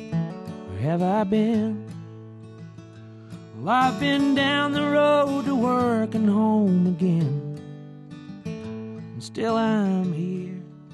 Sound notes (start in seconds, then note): none